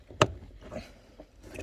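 A remote start harness connector is pushed into a wiring plug under the dash of a Nissan 370Z. One sharp click at 0.2 s shows it has seated, and it is confirmed as in, followed by faint handling noise.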